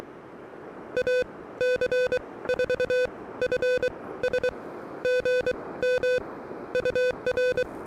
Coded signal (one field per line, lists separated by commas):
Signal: Morse code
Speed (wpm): 23 wpm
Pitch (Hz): 500 Hz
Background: none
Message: AC4FS GM UR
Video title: Early Morning Morse Code: Pedestrian Mobile & QRP at Fort Fisher State Recreational Area!